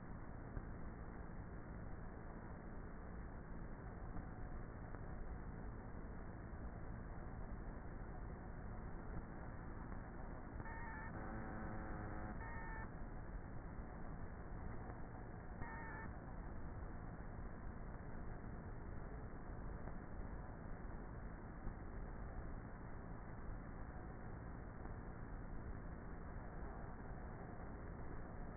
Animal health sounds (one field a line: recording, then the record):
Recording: honeybee colony, microphone inside the hive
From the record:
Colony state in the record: queenless with a low population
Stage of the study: before two queens were removed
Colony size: about 30,000 bees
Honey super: no